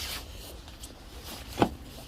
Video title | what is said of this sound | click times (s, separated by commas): How To Replace Remove Rear Bumper Infiniti G35 G37 Q40 G25 Sedan | bang it in push it in there make sure you hear a quick click in there okay | 1.6 s